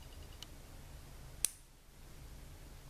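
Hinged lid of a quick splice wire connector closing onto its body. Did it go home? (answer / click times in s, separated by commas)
partly / 1.5 s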